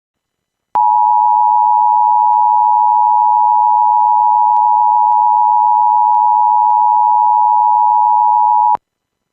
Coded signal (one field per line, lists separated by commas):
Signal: Emergency Alert System (SAME) tones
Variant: 853 and 960 Hz attention tone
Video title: TORS EVERYWHERE EAS #14